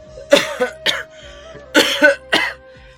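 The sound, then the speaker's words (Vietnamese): An old man sitting hunched on a plank bed coughs hoarsely while muttering, in two rough fits of three raspy bursts each, separated by a short pause, with a faint steady hum underneath. “Lão vừa ho khàn khàn, vừa cào nhàu trong miệng.”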